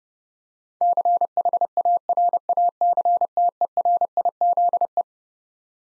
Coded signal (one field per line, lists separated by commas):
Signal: Morse code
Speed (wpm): 30 wpm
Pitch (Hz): 700 Hz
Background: none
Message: CHARACTERIZE